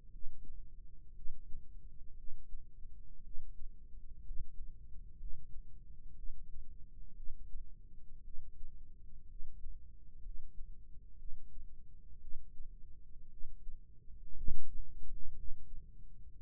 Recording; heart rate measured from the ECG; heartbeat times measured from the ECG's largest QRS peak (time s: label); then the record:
heart sounds by microphone in the left ear; 59 bpm
0.09 s: heartbeat
1.13 s: heartbeat
2.14 s: heartbeat
3.21 s: heartbeat
4.21 s: heartbeat
5.16 s: heartbeat
6.14 s: heartbeat
7.14 s: heartbeat
8.21 s: heartbeat
9.26 s: heartbeat
10.20 s: heartbeat
11.16 s: heartbeat
12.19 s: heartbeat
13.28 s: heartbeat
14.34 s: heartbeat
15.33 s: heartbeat
16.34 s: heartbeat
From the record:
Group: healthy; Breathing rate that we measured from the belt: 11 breaths a minute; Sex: female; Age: 37 years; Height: 168 cm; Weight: 70 kg